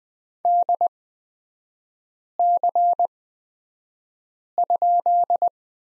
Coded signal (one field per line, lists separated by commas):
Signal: Morse code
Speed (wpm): 20 wpm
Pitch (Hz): 700 Hz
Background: none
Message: DC?